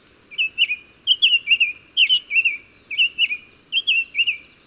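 Bird song made of rapid slurred whistled chirps grouped in twos and threes, bursts following each other about once a second.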